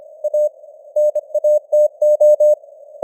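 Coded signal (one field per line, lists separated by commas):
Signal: Morse code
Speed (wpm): 25 wpm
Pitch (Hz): 600 Hz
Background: none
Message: A NATO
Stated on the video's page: Morse news headlines at 25 wpm with simulated radio noise and fading (QSB).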